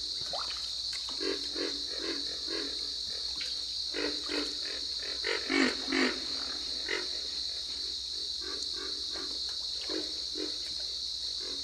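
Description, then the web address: Pig frog grunts in irregular bursts, two louder grunts midway, against an unbroken high drone. "Dan Gibson's Solitudes Frog Song. Pig Frog"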